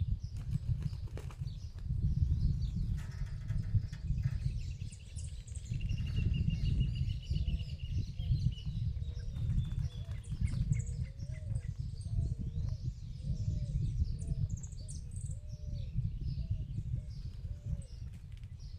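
Small birds chirp and twitter across the field, their high, quick calls scattered throughout. From about six seconds on, a lower bird repeats a short, regular note roughly once per second, with a thin whistle near the start. A heavy, steady low rumble runs underneath.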